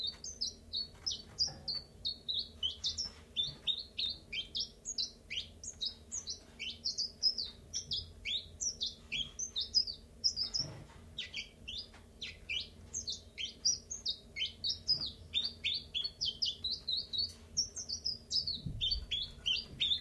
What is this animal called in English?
Common Chiffchaff